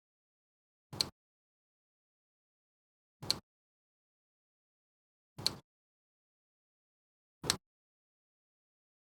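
A click-type torque wrench is pulled in a second pass over the valve cover bolts on a 1994 Acura Integra 1.8L during a valve cover and cam plug replacement. Each pull is a short burst of ratchet noise ending in a sharp metallic click at the set torque, at 1.0, 3.3, 5.5 and 7.5 seconds, with silence between. Each bolt reaches its set torque.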